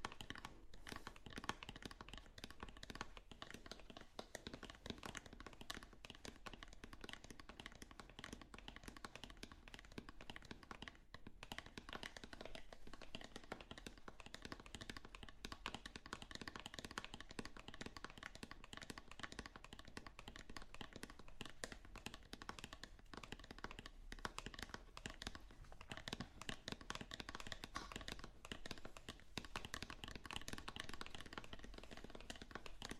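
Fingers tap on different objects in a rapid, continuous patter for the whole half minute, with crisp clicks and knocks crowding close together. The density stays steady, with a brief thinning near eleven seconds before the tapping resumes at the same pace.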